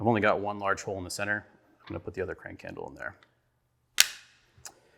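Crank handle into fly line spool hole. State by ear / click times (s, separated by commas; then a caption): seated / 4.0 s. Someone talks, then a second crank handle is pushed into the large center hole of a plastic Scientific Anglers Regulator fly line management spool. It snaps into place with a sharp click at 4.0 s, followed by a faint tick just after 4.6 s.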